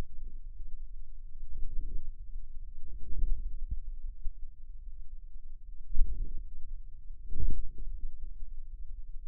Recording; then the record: forearm muscle sounds (acoustic myography)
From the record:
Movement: hand closing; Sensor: system 2, bracelet of six BSWA MPA416 microphones around the upper forearm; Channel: 5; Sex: female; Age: 23 years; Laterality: right